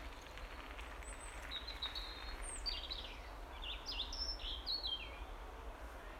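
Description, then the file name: European robin singing high, sweet phrases that slide down and flicker, delivered in a quick run after a quieter opening, with a steady low hum underneath. "Erithacus rubecula"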